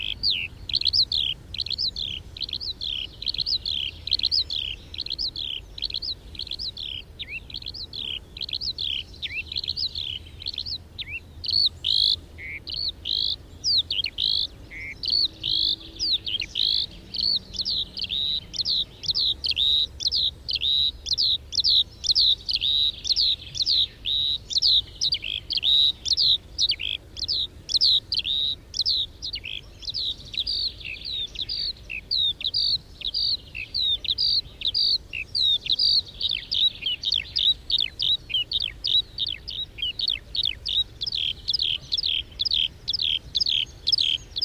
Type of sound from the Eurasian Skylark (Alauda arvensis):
flight song